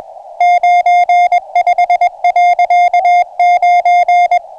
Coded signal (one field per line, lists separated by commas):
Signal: Morse code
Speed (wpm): 22 wpm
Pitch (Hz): 710 Hz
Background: music, radio noise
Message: 95.9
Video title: Marinha Uruguaia CW 8.602 Khz - Aviso aos Navegantes: homem ao mar sem salva vidas.